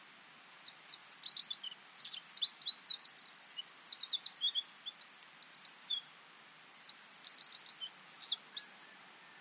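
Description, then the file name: Eurasian wren pouring out loud, rapid high-pitched phrases and rattling trills in two long outbursts. "Troglodytes troglodytes"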